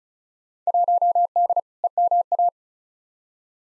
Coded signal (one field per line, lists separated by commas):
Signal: Morse code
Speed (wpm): 36 wpm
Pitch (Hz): 700 Hz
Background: none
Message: 1D EMA